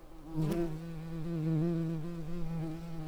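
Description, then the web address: Common carder bee buzzing, a low continuous droning hum that wavers slightly in pitch and swells in loudness early on, then holds fairly steady. Worker bees. "Pascuorum workers"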